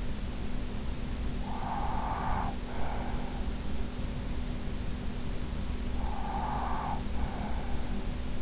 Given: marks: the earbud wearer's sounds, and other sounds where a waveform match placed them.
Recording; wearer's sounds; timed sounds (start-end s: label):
sounds in sleep by an in-ear microphone; breath
1.15-3.93 s: breath
5.84-8.42 s: breath